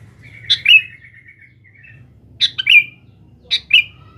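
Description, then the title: Sooty-headed bulbul song: three short bubbly phrases of quick chirpy notes ending in a slurred whistle, roughly every one to two seconds, over a faint low hum. "Kutilang"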